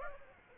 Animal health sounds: mosquito wingbeat signal from an infrared sensor; Aedes aegypti

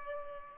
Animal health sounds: mosquito wingbeat signal from an infrared sensor; Aedes albopictus

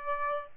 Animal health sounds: mosquito wingbeat signal from an infrared sensor; Aedes albopictus

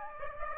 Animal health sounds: mosquito wingbeat signal from an infrared sensor; Aedes aegypti

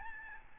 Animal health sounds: mosquito wingbeat signal from an infrared sensor; Aedes albopictus

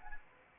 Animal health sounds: mosquito wingbeat signal from an infrared sensor; Anopheles arabiensis

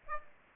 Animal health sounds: mosquito wingbeat signal from an infrared sensor; Aedes aegypti

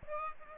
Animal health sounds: mosquito wingbeat signal from an infrared sensor; Aedes aegypti

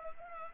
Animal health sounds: mosquito wingbeat signal from an infrared sensor; Culex pipiens

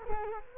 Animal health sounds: mosquito wingbeat signal from an infrared sensor; Culex quinquefasciatus

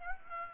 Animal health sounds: mosquito wingbeat signal from an infrared sensor; Aedes aegypti

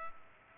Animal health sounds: mosquito wingbeat signal from an infrared sensor; Culex pipiens

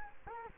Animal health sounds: mosquito wingbeat signal from an infrared sensor; Culex quinquefasciatus

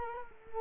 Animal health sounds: mosquito wingbeat signal from an infrared sensor; Culex quinquefasciatus

